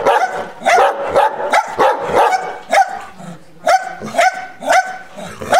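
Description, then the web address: Dog giving loud, harsh barks at an uneven pace, with brief pauses. Large dog, barking angrily. "cane che abbaia ascoltare arrabbiato grande"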